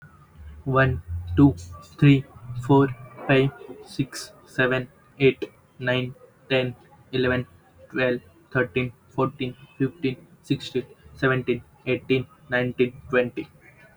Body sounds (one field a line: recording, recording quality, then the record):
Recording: counting at a normal pace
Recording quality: excellent, no background noise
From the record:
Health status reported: healthy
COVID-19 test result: not tested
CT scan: not taken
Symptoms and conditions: none ticked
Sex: male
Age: 21 years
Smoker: no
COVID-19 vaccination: both doses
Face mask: not worn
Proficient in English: yes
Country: India